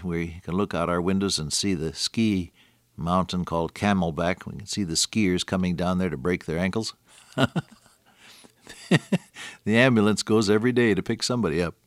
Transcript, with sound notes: We can look out our windows and see the ski mountain called Camelback. And we can see the skiers coming down there to break their ankles. [chuckle] The ambulance goes everyday to pick somebody up.